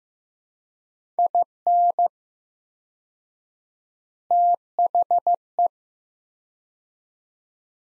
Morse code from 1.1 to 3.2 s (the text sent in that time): IN